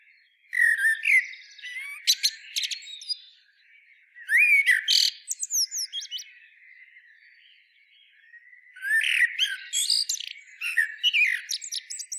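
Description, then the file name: Eurasian blackbird song: three phrases, each opening with low fluted warbling notes and followed by squeaky high twittering, separated by pauses. "Turdus merula"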